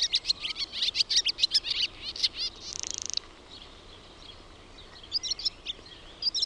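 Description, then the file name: Barn swallow twittering rapidly, then a brief grating rattle, a quiet pause, and a few scattered high chirps near the end. "HAARAPAASKY"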